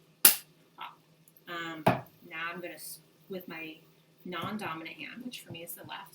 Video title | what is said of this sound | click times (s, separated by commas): Get Cooking at Home Ragu Pasta Sauce | and I'm going to squeeze until I hear a click. Pop. | 0.2 s